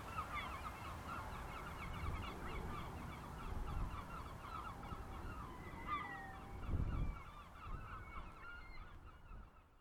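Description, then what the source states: Gull colony chorus of rapid, overlapping harsh yelps and wailing notes, with a low rumbling wash beneath and a brief louder thump near seven seconds. At Moelfre.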